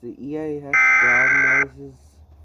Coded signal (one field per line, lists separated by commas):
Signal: Emergency Alert System (SAME) tones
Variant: header bursts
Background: speech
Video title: How to Make EAS Scenario on Tablet (KINEMASTER TUTORIAL 2022) #easscenario #kinemaster #tutorial